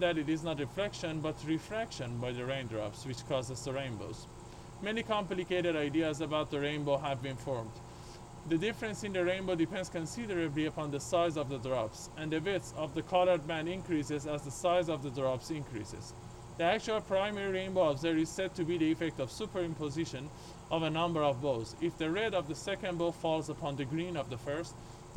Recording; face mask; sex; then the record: reading aloud; surgical mask; male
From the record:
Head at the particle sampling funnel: tilted up or above it, chin in front of it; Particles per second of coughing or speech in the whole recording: 0.124